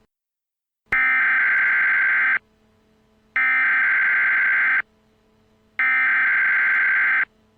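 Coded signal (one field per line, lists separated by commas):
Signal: Emergency Alert System (SAME) tones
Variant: header bursts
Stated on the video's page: Simulated EAS scenario tones for a fictional zombie event.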